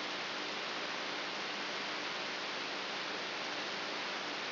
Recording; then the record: brain microelectrode recording played as sound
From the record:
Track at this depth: inside the subthalamic nucleus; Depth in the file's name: 2.64 mm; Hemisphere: right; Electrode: 3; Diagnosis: Parkinson's disease